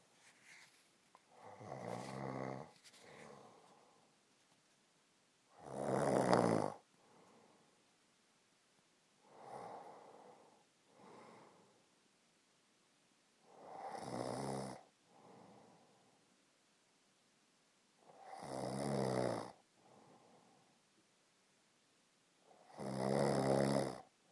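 Rough, rattling snores on each breath, about 14 per minute, each followed by a softer exhaled noise.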